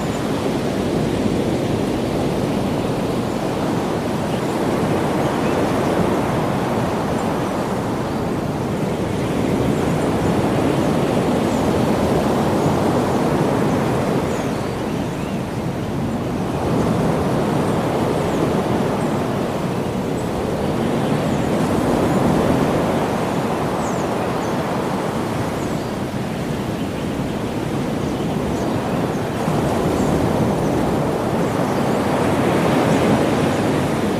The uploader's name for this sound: Ocean Sounds In Hawaii